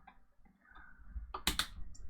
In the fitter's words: nó sẽ khớp vào vị trí, lưu ý vị trí của Wi-Fi thực tế,